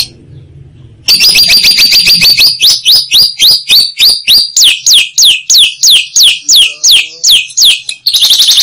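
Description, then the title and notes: Lovebird song: after a second of quiet, a quick series of high, downward-sweeping chirps repeated about three per second, ending in a buzzing rapid trill. Used as masteran, training material for other songbirds. "Suara Burung Lovbred Buat Masteran"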